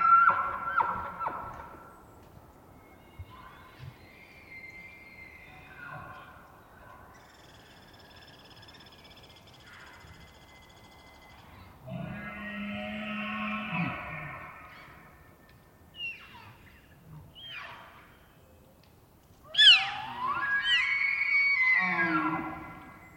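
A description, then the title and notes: Elk call in bursts: a rough, breathy bellow opens the clip, thin whistling tones drift through the middle, and a louder roar with a low grunting layer comes near twelve seconds. A shrill, rising-and-falling scream-whistle peaks around twenty seconds, followed by chirping squeals. Starting pre-dawn. It was rutting season in the Colockum Wildlife area. Elk, mostly bulls bugling, screaming, roaring, whistling, and chirping. Occasional high-pitched mews from the cows can be heard.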